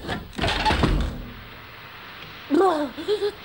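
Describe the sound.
A quick series of sharp raps on a window pane, Anna knocking at Anton's window while it is raining, in the 1990 radio play Der kleine Vampir; a brief flurry of knocks that fades into quiet before a voice starts speaking.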